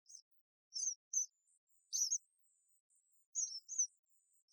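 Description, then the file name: House sparrow chirps: a few short, high, sharp notes in several loose bursts separated by silence, with a faint electronic tone in the background. "Passer domesticus"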